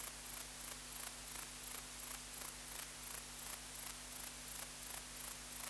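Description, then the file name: Grey bush-cricket stridulating in brief buzzy bursts, each chirp spaced roughly a third of a second apart, with a faint constant low hum beneath. "Platycleis albopunctata"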